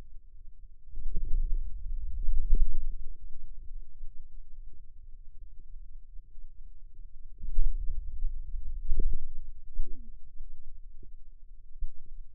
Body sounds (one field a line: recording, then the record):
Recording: forearm muscle sounds (acoustic myography)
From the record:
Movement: wrist extension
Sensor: system 2, bracelet of six BSWA MPA416 microphones around the upper forearm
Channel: 5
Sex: male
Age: 22 years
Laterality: right